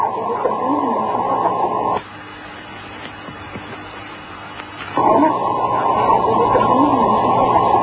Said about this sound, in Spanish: Vamos a escuchar el presunto sonido de Nessie, el monstruo del lago Ness.